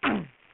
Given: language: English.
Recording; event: throat vibration sensor signal played as sound; throat clearing